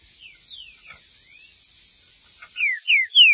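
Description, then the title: Green-winged saltator song with quiet sliding whistles, a pause, then three loud, clear down-slurred whistles in quick succession. "Trinca Ferro"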